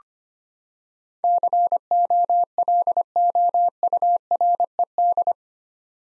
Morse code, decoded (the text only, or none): COLOURED